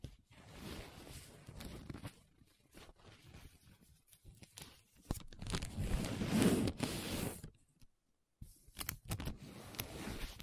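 Paper being rubbed and scratched in irregular bursts, loudest around six to seven seconds, with a silent gap near eight seconds.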